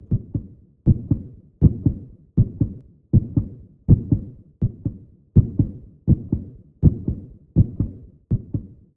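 Steady low thumps come in paired lub-dub beats, about 80 a minute, with a short echoing tail after each pair. This is a baby's heartbeat.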